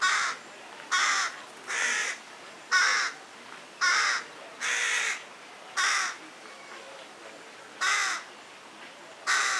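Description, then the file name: Carrion crow producing a string of coarse caws, several calls at irregular intervals, with quiet background noise between them. "Corvus corone"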